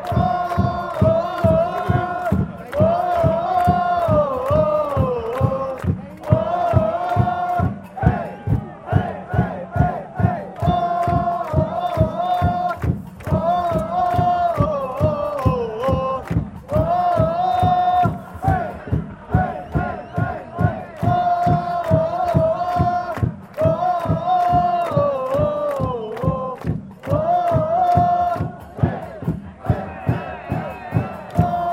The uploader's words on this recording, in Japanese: J2第7節ヴァンフォーレ甲府vs大分トリニータ。山梨中銀スタジアムアウェイゴール裏最上段。ローランドR-09。AGC：OFF、EXT MIC TYPE：STEREO、LOW CUT：ON、MIC GAIN：LOW。